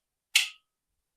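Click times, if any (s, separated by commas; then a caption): 0.4 s. An AIRAJ folding hand saw, about 53 cm long when open, has its blade swung open after the release button is pressed until it locks into the handle in the extended position. A single sharp, bright click sounds at 0.4 s and fades within about a quarter second, with silence before and after. The blade is locked open.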